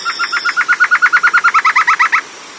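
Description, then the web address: Bird call: a rapid run of about seventeen short, even notes, each slightly rising, growing louder and then stopping abruptly, over a faint hiss. "BIRD 2015 small 50 CLASSES SABIOD 50 bird 2015"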